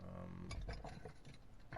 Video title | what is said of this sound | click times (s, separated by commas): BMW E83 X3 Wiper Switch Replacement | and it clicks, and then you should be pretty much all set. | 0.5 s